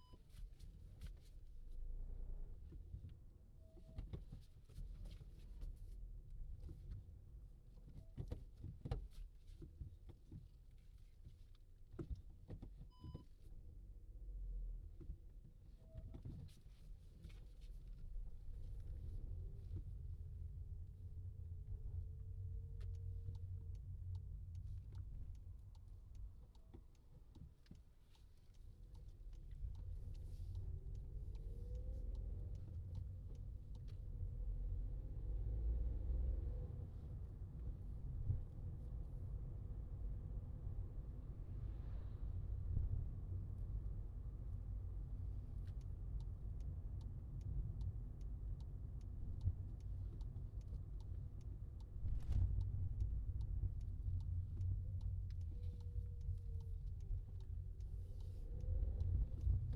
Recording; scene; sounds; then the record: everyday scene through a hearing-aid microphone; in a vehicle; engine, rumble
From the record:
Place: Skoda Fabia, gasoline engine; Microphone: in the ear canal, left